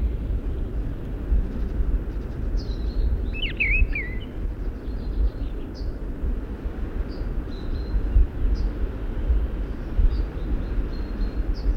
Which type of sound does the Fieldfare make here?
song